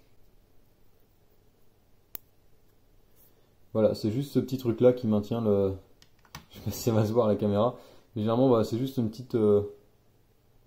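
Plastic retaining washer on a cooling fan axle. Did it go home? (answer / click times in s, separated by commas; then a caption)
released / 2.2 s. A small plastic retaining washer clipped into the groove of the axle of a cheap, low-end Chinese cooling fan from an Anet A8 3D printer's extruder is removed from the back of the fan, where the sticker has come off. It pops off with one short, sharp click at 2.2 s, and the washer is released. After a quiet pause, someone talks.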